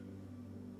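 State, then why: Not seated. A part is aligned with a screwdriver and fingers and pushed by hand into a replacement plastic BETAFPV Air 65/75 micro-drone frame. Only a steady low hum is heard, with no sharp hits. Nothing has seated or clicked yet.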